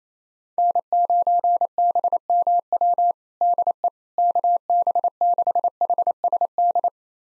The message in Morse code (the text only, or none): N9BMW DE KB6HSD